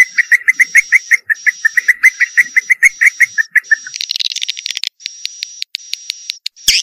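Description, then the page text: Swiftlet chirping calls, a fast run of short twittering notes, several per second, over a steady high whine; the notes then give way to a buzzy twitter and broken bursts of the high tone. Swiftlet calls used to lure swiftlets. "Suara Burung Walet. Club Burung"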